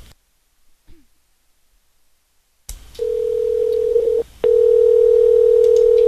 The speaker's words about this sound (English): Hopefully you'll hear the ringing.